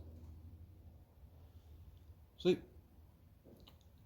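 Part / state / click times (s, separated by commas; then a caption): crimped pin terminal into a DT connector housing / seated / 3.7 s. A crimped pin terminal is pushed into the back of a DT-style plastic connector housing until it locks. Someone talks briefly, then a small, sharp click is heard at 3.7 s as the terminal seats in the housing.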